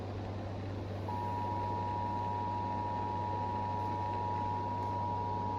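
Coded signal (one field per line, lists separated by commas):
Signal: Emergency Alert System (SAME) tones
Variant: 853 and 960 Hz attention tone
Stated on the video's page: Severe Thunderstorm Warning on 96.3 FM, sometimes a manual relay by the DFW local primary station, including a pre-alert audio clip.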